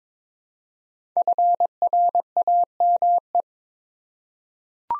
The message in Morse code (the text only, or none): FRAME